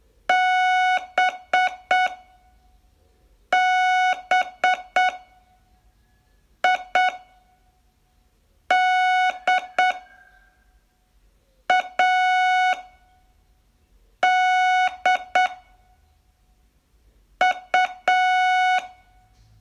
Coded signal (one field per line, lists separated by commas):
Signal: Morse code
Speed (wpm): 7 wpm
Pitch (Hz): 740 Hz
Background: none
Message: B B I D A D U